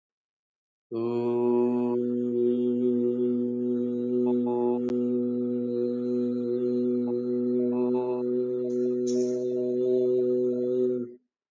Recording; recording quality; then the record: sustained vowel as in boot; moderate, slight background noise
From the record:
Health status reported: healthy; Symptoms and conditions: none ticked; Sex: male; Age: 29 years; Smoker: not ticked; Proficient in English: yes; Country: India